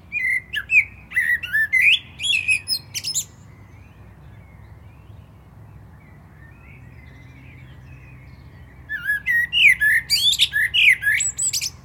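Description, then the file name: Common blackbird sings a warbled phrase with high twitters, pauses with faint song behind, then bursts into another rich fluty phrase. "Turdus merula"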